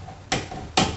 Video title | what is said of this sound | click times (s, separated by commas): How to remove 🤔 trim on Broan 678 exhaust fan/light to change the bulb | it up slide it back and forth until you hear it lock in if you don't hear it lock in it may fall later on you | 0.3 s, 0.8 s